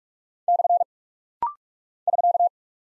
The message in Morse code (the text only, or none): / <SK>